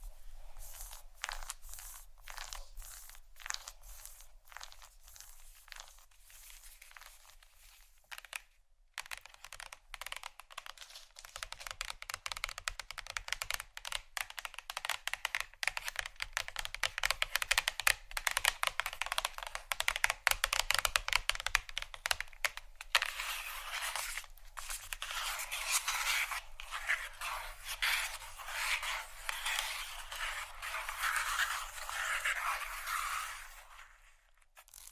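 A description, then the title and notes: Dense, rapid tapping and scratching on chocolate, bright and crackly, growing busier after ten seconds with a brief pause near nine seconds. ASMR Tap & Scratch On Chocolate （No Talking）.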